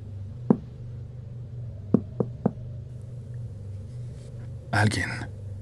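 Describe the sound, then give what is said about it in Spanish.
Knocking on a bathroom door at 3:35 in the morning: one sharp rap, a pause, then three quick knocks in a row over a low steady hum, followed by a short burst of rustling noise near the end. “Alguien tocó la puerta del baño.”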